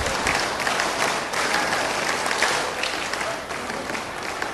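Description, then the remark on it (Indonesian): A group claps together in a steady, dense burst of the Indonesian scout clap routine (tepuk pramuka), the sharp hand claps blending into a loud, continuous patter that stays even for several seconds with no voices. “Kompak dulu ya, tepuk satu. Tepuk dua. Tepuk tiga. Tepuk pramuka.”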